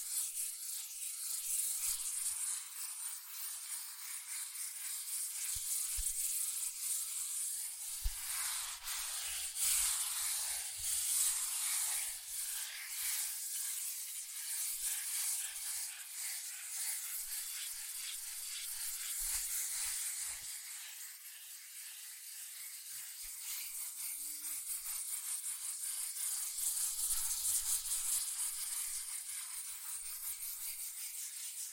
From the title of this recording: Fast CardboardPaper Tapping, Scratching, Tracing Sounds